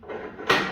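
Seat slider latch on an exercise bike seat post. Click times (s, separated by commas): 0.5 s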